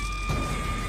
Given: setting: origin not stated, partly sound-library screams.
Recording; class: one-second piece from a danger detection set; woman in danger